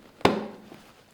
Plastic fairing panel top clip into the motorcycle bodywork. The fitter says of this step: it, that's the click, you're looking for.